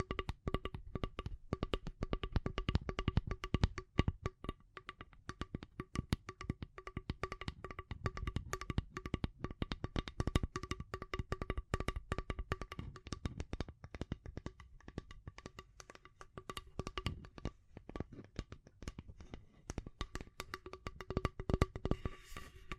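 Tapping and scratching, with rapid, irregular clicks and scrapes running densely through the whole clip and few pauses. The hits are sharp and bright. A faint steady tone hums underneath, and the activity thins slightly around 15–18 seconds before picking up again.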